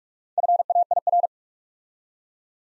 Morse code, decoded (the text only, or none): FAIR